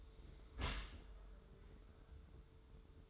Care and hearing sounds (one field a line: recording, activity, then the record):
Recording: daily activity, microphone in the room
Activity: close dishwasher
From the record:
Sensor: 3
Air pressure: 1014.9 hPa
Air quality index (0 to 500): 32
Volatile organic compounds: 1 ppm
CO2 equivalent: 542 ppm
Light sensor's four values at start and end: 11/26/11/10 and 11/26/11/11